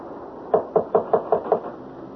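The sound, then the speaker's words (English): Six quick knocks rap on the door at 1220 Rue Panine, where Monsieur Dupont is to be met, in an even, steady rhythm, each a sharp, solid thud, with no voices over them. “Now, shall I knock?”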